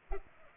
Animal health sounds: mosquito wingbeat signal from an infrared sensor; Culex pipiens

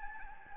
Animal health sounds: mosquito wingbeat signal from an infrared sensor; Anopheles gambiae

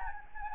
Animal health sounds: mosquito wingbeat signal from an infrared sensor; Anopheles gambiae

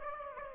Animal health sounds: mosquito wingbeat signal from an infrared sensor; Aedes aegypti

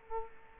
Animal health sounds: mosquito wingbeat signal from an infrared sensor; Culex quinquefasciatus

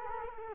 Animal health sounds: mosquito wingbeat signal from an infrared sensor; Culex quinquefasciatus

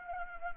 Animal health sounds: mosquito wingbeat signal from an infrared sensor; Anopheles arabiensis

